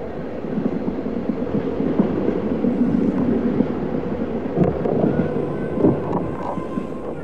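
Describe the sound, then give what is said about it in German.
A train rumbles steadily over the rails, a dense low roar with faint rhythmic clatter and occasional sharper knocks, continuous and fairly loud with no voices. “Der Schienenrhythmus schob mich langsam in den Schlaf wie in eine enge Röhre.”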